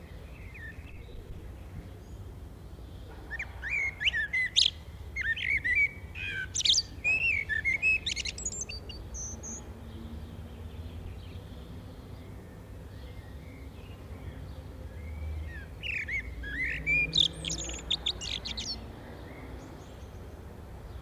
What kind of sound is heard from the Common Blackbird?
song